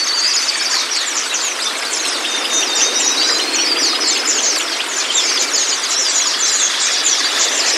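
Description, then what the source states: White-eye song: continuous high, rapid twittering from several overlapping birds, with a thin drawn-out whistled note sliding through the middle. Therapy training audio for a pleci, meant to get the bird to open its beak and start singing; masteran recording.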